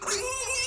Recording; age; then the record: pig call; weaner (32 to 43 days)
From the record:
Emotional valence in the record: negative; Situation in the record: long isolation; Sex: female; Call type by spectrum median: high-frequency call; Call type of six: high-frequency stable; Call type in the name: high-frequency stable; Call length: 0.67 s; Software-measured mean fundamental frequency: 594 Hz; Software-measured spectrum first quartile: 1517 Hz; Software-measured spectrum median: 4149 Hz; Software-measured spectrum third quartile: 7049 Hz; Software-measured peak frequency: 2644 Hz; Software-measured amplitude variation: 98 dB a second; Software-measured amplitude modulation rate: 21.6 a second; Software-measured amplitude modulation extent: 4.5 dB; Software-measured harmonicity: 5.3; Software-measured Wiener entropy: -2.27